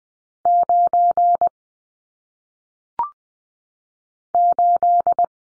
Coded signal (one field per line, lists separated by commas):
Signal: Morse code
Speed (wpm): 20 wpm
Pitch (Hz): 700 Hz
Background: none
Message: 9 8